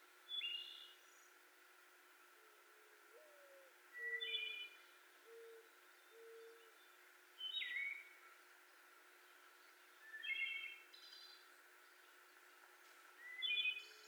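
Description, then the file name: Wood Thrush song, several flute-like phrases at intervals; a lower whistling bird calls between phrases. 18 May 2021. "2021-05-18 Wood Thrush"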